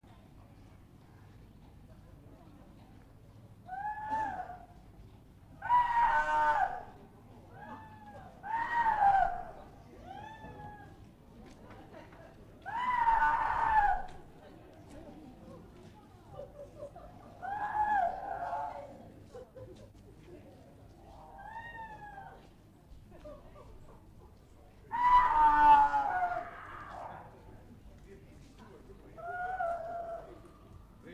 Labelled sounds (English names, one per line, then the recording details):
Tiger
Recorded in captivity
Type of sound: cry
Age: juvenile
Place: Zoo Leipzig, Sachsen, DE
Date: 1959-09-15 13:30
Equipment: Reporter, Vollspur
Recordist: TSA
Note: Tiger, Junge, Kreischen, Abstand 3-4 m